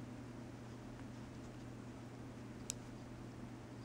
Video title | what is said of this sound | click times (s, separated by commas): MATECH vs TROY FOLDING BATTLESIGHT | simultaneously folding down and it locks into place | 2.7 s